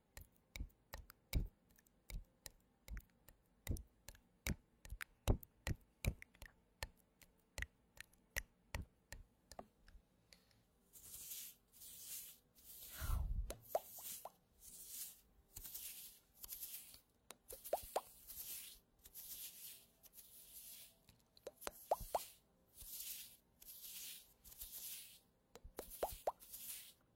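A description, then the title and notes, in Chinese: Quiet rubbing of stocking-material gloves. The first ten seconds are sharp little taps and plops at an uneven, fairly quick pace; then soft, bright swishing strokes take over, repeating about once a second, with scattered clicks and a brief low thump near thirteen seconds. 丝袜手套摩擦音。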